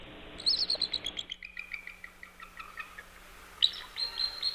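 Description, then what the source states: Bald Eagle calling in thin, high chirps, a quick descending series of many notes, then a fresh burst of chirping near the end. Played example; a weak trilling or chirping call, which many people find unexpected from this species.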